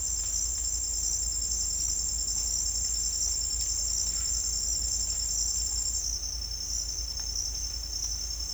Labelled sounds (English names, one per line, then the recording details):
none
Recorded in dense forest near Puerto Asís, Putumayo, Colombia, on 18 December 2024 at 08:30
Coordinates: 0.481, -76.323
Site G100